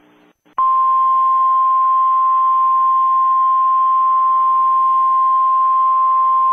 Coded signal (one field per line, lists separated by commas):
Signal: Emergency Alert System (SAME) tones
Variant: 1050 Hz attention tone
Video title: US #EAS test in ShotCut